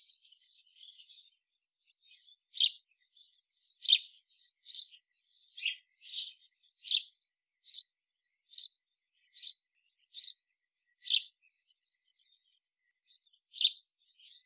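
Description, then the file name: House sparrow calling, a steady run of clear chirps spaced less than a second apart, with faint twitters before and after. "Passer domesticus"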